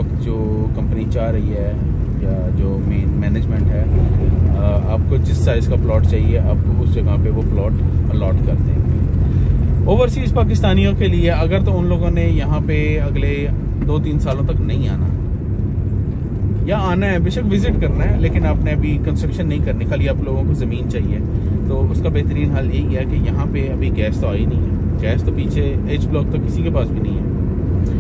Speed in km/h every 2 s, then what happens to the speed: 18, 18, 19, 19, 20, 20, 21, 22, 24, 25, 26, 26, 27, 27.
0-28 speeds up to 27.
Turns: none.